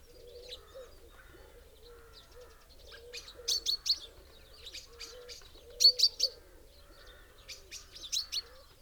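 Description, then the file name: Common chaffinch calls: sharp, bright clicky notes given in quick clusters of two to four, over a steady low bubbling chorus and softer mid-pitched buzzy notes. "Fringilla coelebs"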